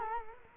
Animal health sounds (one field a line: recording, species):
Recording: mosquito wingbeat signal from an infrared sensor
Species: Culex quinquefasciatus